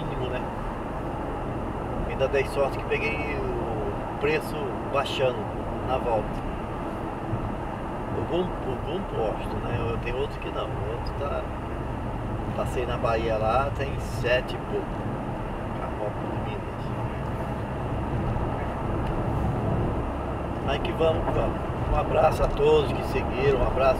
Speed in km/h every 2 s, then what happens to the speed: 96, 97, 97, 95, 97, 98, 100, 100, 102, 105, 106, 108.
0-24 speeds up to 108.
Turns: none.